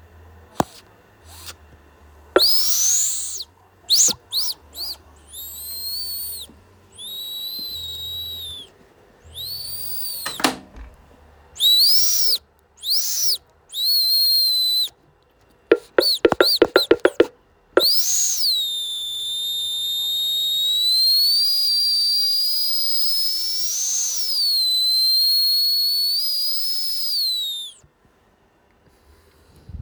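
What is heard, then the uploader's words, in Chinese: A cup gives off high, thin whistles, broken into short bursts over the first half, then one long whistle from about 18 to 27 seconds that wavers up and down in pitch. Sharp taps on the cup bottom come scattered, with a quick cluster near 16 seconds. 杯口的嘘嘘声+杯底的敲击。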